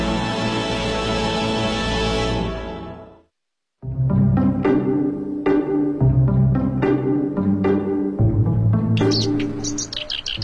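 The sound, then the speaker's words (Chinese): A black-browed reed warbler, a warbler with a buff eyebrow stripe bordered above and below by black stripes, the lower one running through the eye, sings a loud run of repeated, chattering notes in an uneven rhythm, following a dense burst of sound and a short silence. “我叫黑尾尾鹰，尾就是芦苇的尾，是翁科尾鹰属的鸟类。”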